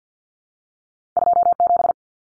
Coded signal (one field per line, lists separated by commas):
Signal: Morse code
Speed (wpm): 48 wpm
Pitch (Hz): 700 Hz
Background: none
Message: 27